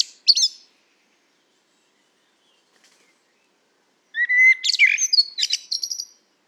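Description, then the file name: Common blackbird singing: a brief squeaky fragment, a long pause, then a full phrase of a low whistled note followed by scratchy high twitters. "Turdus merula"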